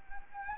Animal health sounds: mosquito wingbeat signal from an infrared sensor; Anopheles gambiae

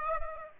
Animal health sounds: mosquito wingbeat signal from an infrared sensor; Aedes aegypti

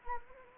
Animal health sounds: mosquito wingbeat signal from an infrared sensor; Anopheles arabiensis

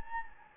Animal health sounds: mosquito wingbeat signal from an infrared sensor; Anopheles gambiae

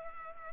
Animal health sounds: mosquito wingbeat signal from an infrared sensor; Culex pipiens

